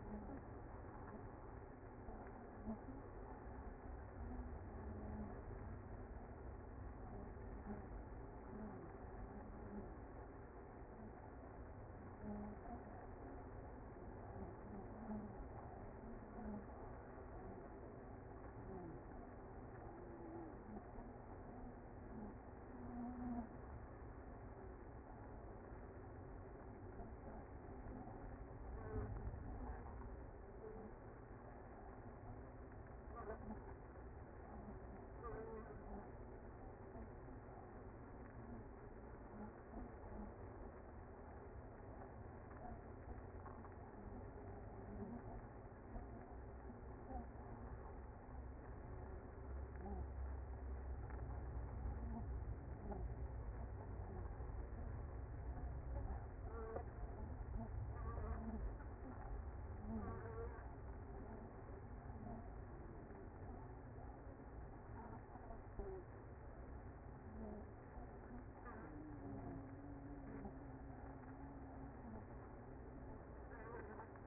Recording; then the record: honeybee colony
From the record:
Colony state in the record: active